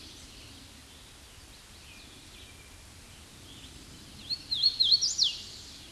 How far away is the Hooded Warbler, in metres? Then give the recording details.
about 5 m. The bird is about level with the microphone. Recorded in a Pennsylvania forest on 16 May 2024 at 07:20. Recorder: AudioMoth, point MSD-0814. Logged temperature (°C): 15.8 °C. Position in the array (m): 166 m, 116 m